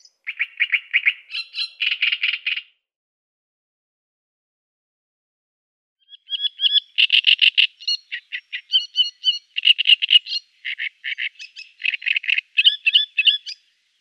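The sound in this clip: Great Reed Warbler song, two bouts of harsh, croaking, churring syllables delivered in rapid rhythmic series, separated by a few seconds of silence.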